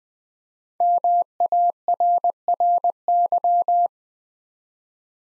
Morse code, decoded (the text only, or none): MARRY